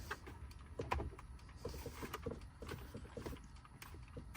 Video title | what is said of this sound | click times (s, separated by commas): Citreal Auto Start/Stop Eliminator Review – A Must-Have for Your Ford Maverick! | Okay, there was no clicking, but it did kind of seat in there. | none